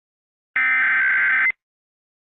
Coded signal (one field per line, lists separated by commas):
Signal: Emergency Alert System (SAME) tones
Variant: header bursts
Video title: Angry EAS Mock #4. Tom The Second Is Back